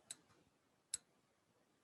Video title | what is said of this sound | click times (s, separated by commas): Duchess Earrings | and go ahead and just close it and close it really tight get that little click | 0.9 s